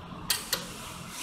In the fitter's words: you hear your torque wrench click you